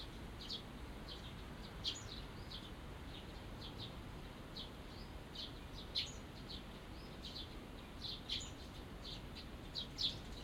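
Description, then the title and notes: Small birds chirping, a scatter of short high tweets with a few sharper louder notes, over a steady low background hum. Small birds singing after rain in a small garden tucked in a corner of Yushima Tenjin shrine, Tokyo, Japan, surrounded by buildings; binaural recording. "小鳥のさえずり、雨上がりの庭園にて（Binaural）- Birds singing in the garden. 湯島天神の片隅にある小さな庭園で録音しました。"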